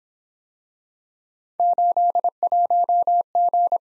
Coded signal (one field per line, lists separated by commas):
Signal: Morse code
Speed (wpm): 26 wpm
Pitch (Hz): 700 Hz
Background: none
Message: 81G